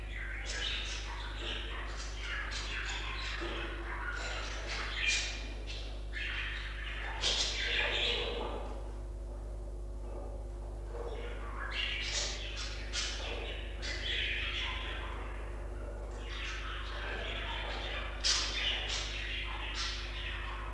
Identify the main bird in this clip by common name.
Budgerigar